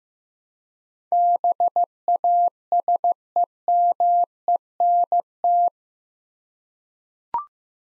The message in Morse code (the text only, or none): BASEMENT